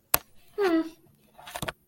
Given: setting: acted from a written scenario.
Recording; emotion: vocal sound without words; neutral